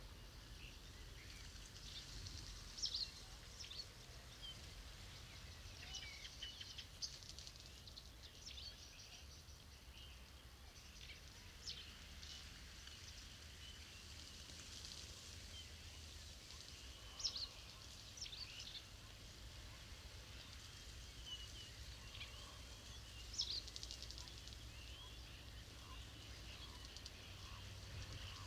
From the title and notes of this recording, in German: Stare in der Lehmgrube Marloffstein (am Abend; Kopfhörerfassung). Eine Kunstkopfaufnahme con vielleicht 1000 Staren.